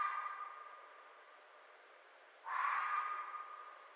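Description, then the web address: Red fox giving a single harsh, hoarse call with a lingering, fading tail, following the tail end of an earlier call; no other sounds. Recorded 4 May 2011. "Red Fox 2011 05 04 Red Fox"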